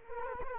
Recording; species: mosquito wingbeat signal from an infrared sensor; Culex quinquefasciatus